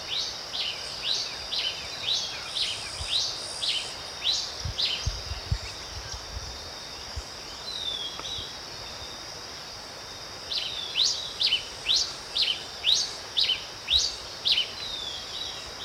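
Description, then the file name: Red pileated finch giving high, sharp, slurred notes in two series of about ten, roughly two per second, with a pause between; faint background hiss. "Coryphospingus cucullatus - Red Pileated Finch"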